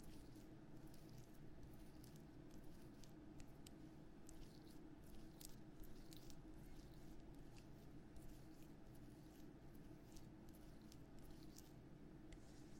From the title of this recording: Ear Massage Ear Blowing